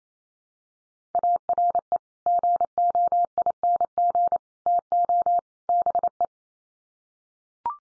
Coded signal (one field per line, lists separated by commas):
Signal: Morse code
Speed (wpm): 28 wpm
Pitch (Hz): 700 Hz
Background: none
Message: ARE GOING TO BE